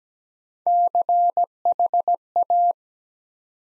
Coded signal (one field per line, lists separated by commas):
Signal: Morse code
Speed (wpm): 17 wpm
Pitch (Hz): 700 Hz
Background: none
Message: CHA